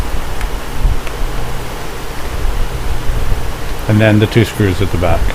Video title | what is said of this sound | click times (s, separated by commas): 2017+ BMW R1200GS/R1250GS Bodywork | these side panels lock into place using these two tabs in the these two slots | 0.4 s, 1.1 s